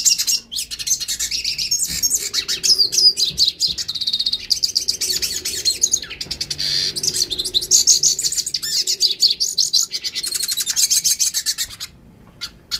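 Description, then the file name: Yellow-faced siskin song, a long, rapid, jumbled twitter of high chirps and trills running almost without pause, with brief gaps near the end. Northeast Brazil. "pintassilgo do nordeste"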